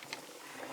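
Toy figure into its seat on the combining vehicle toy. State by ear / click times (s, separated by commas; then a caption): not seated / none. A rider figure is handled as it is fitted onto the plastic piece of the Gattai Yonrin DX Ride Crosser combining toy vehicle (Kamen Rider Drive), with soft plastic handling noise and a brief sharp tick at 0.1 s. Nothing has seated or clicked into place yet.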